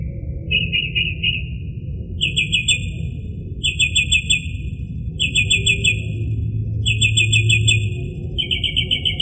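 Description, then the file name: Northern mockingbird song: rapid repeated notes in bursts separated by short pauses, with a low hum behind. "kicauan burung northern mockingbird. omkicau"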